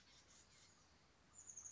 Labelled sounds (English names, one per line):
Chestnut-backed Chickadee